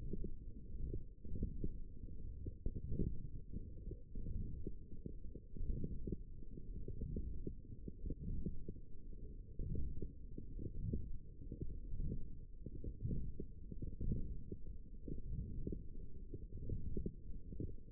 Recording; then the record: forearm muscle sounds (acoustic myography)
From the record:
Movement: forearm supination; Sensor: system 1, eight BSWA MPA416 microphones around the upper forearm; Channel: 1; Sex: female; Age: 21 years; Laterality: right